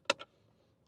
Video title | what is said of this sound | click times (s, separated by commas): How to add an Inverter to your truck for off grid camping | and then it's going to snap into place like that | 0.1 s